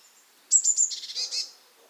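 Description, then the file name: Eurasian blue tit: three sharp high notes leading into a brief buzzy churring call, all within about a second. "Cyanistes caeruleus"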